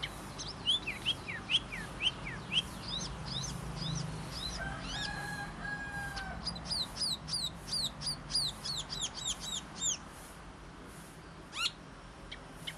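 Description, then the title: Cucak keling song of quick repeated high chirps and downslurred whistles, with a long steady whistled tone near the middle and low background noise. Gacor, persistent singing, described as unusual. "Cucak Keling Gacor Unik"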